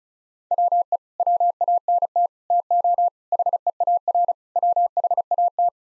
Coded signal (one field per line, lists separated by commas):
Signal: Morse code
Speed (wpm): 34 wpm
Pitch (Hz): 700 Hz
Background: none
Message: WE WANT TO HEAR WHAT